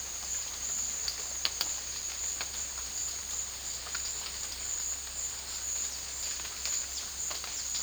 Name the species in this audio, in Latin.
none